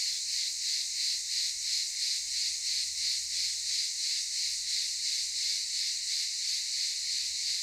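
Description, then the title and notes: Cicadas droning in a dense, sizzling buzz that swells and fades regularly, roughly three beats per second. Cicadas recorded in daytime at Aylak Yaşam Camp, Çıralı, Kemer, Antalya, Turkey. "Ulupınar Mahallesi, Çıralı Yolu, 07980 Kemer/Antalya, Turkey - Cicadas daytime. Aylak Yaşam Camp, cicadas in daytime"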